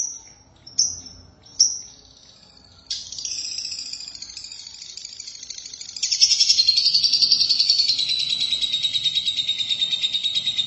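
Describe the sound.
Lovebird song: a few short high chirps, then a stream of rapid, scratchy twittering that grows louder and denser and keeps going steadily.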